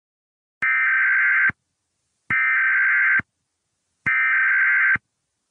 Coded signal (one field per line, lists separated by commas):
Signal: Emergency Alert System (SAME) tones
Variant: header bursts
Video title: cartoon cat eas alert v2 01